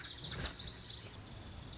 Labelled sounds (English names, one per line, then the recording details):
Lazuli Bunting
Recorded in Sonoma County, California